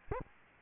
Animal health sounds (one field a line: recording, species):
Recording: mosquito wingbeat signal from an infrared sensor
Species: Aedes albopictus